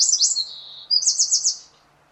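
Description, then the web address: Bird song with a high rapid trill, a lower drawn-out note, then a burst of four or five fast repeated notes that fades out. "cianscape birddata Deverinetal 2025"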